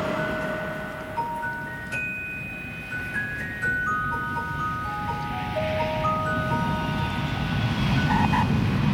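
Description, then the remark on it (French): A steady airplane engine roar with a deep rumble underneath and several high, thin whining tones that hold and shift pitch, growing slightly louder toward the end with no voices. “Averti de la situation, le père d'Issei Sagawa saute dans un avion pour la France.”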